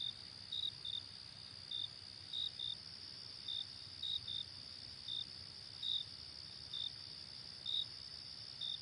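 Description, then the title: Cricket chirps, short high pulses repeated irregularly, often in pairs, over a steady high-pitched insect drone and broad background hiss. Night ambience. "Night Ambience with Cricket Sound"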